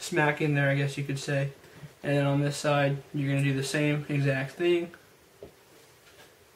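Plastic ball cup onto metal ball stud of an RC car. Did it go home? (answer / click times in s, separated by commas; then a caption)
yes / 5.4 s. Someone talks while building a Team Durango DEX210v2 RC buggy kit, then presses the second side of a plastic suspension/steering piece down hard so its plastic ball cup goes onto a metal ball stud. A short, quiet snap is heard at 5.4 s as the ball joint seats in the cup.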